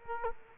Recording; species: mosquito wingbeat signal from an infrared sensor; Culex quinquefasciatus